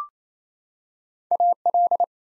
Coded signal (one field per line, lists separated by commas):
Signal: Morse code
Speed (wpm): 27 wpm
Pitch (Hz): 700 Hz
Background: none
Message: AL